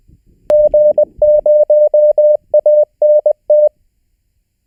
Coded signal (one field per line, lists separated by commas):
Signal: Morse code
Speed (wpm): 20 wpm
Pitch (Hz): 600 Hz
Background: none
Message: G0ANT